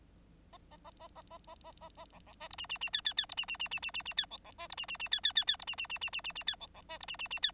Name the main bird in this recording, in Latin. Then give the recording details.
Lonchura striata domestica. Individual Bird9